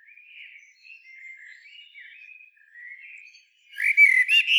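Common blackbird song: soft, fluty warbled phrases for about three seconds, then a brief pause and a louder, squeaky twittering flourish to finish.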